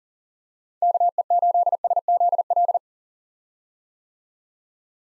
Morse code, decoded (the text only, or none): KE8SZL